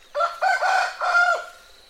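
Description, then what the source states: Chicken: rooster crow, a loud harmonic call broken into several drawn-out parts. Rooster's morning call, which in the Iron Age became a symbol of chickens' divine connection to the sun.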